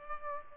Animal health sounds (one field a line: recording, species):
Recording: mosquito wingbeat signal from an infrared sensor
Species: Culex pipiens